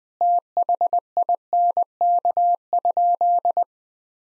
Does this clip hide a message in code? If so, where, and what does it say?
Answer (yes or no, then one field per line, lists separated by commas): yes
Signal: Morse code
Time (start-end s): 0.2-3.6 s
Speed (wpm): 21 wpm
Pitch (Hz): 700 Hz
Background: none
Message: THINK?